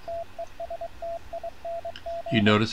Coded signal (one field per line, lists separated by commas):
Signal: Morse code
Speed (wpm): 22 wpm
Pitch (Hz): 680 Hz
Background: speech, radio noise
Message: TESTING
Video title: CW with RS BA1 by W6FCC